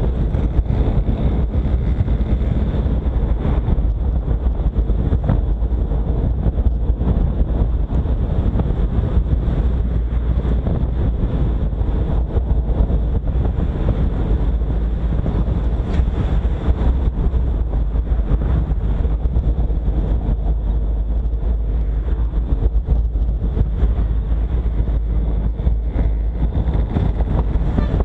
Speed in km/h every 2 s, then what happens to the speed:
55, 54, 51, 50, 50, 47, 45, 44, 44, 44, 46, 45, 44, 42.
0-11 slows to 45. 11-28 steady at about 44.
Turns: none.